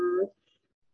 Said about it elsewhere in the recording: The LVAD makes a whirring sound. Mine, I have a HeartMate 3 and it goes. And so when you listen with the stethoscope, that's what you hear. You don't hear heart thump thump anymore. When you go to take your pulse, you can't feel a pulse. I have no heartbeat. I have no pulse.